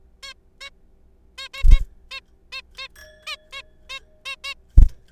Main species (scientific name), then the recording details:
Taeniopygia guttata. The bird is a juvenile. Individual R3428